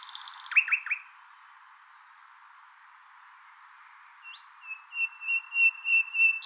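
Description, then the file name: Common nightingale song: brief sharp notes, a pause, then a slow series of pure whistled notes swelling steadily louder. "Luscinia megarhynchos"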